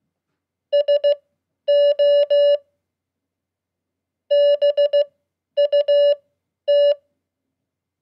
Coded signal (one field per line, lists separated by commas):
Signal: Morse code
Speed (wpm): 16 wpm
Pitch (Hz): 580 Hz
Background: none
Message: SO BUT